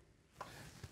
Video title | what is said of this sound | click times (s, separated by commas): Mixer Assembly, Ep. 43 | heard that nice click of connection and now my bowl is nice and secure | 0.4 s